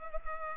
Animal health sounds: mosquito wingbeat signal from an infrared sensor; Culex pipiens

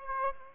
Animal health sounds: mosquito wingbeat signal from an infrared sensor; Aedes aegypti

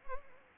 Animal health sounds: mosquito wingbeat signal from an infrared sensor; Anopheles arabiensis

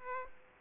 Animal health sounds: mosquito wingbeat signal from an infrared sensor; Aedes aegypti

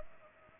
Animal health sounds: mosquito wingbeat signal from an infrared sensor; Culex pipiens

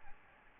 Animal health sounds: mosquito wingbeat signal from an infrared sensor; Aedes albopictus

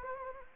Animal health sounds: mosquito wingbeat signal from an infrared sensor; Anopheles gambiae

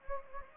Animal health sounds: mosquito wingbeat signal from an infrared sensor; Anopheles gambiae

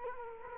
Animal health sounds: mosquito wingbeat signal from an infrared sensor; Culex quinquefasciatus

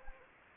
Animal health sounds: mosquito wingbeat signal from an infrared sensor; Anopheles gambiae

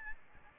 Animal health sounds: mosquito wingbeat signal from an infrared sensor; Aedes albopictus

